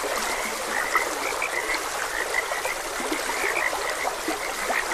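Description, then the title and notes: Frogs croaking in a dense chorus, many short overlapping notes around a steady high band, over continuous running stream water. Frogs croaking beside a gentle stream. "Gentle Stream and Frogs Croaking. Sleep and Relaxation Podcast"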